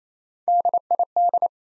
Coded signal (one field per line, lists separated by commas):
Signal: Morse code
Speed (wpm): 28 wpm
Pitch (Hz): 700 Hz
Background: none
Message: DID